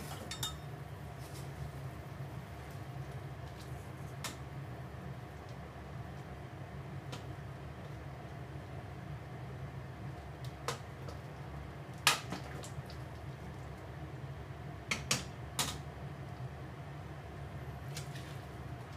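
Cooking sounds over a steady low hum that runs the whole time. Short sharp clinks and knocks, like dishes or utensils, land every few seconds, louder around 12 seconds and again near 15 seconds, with a soft hiss underneath.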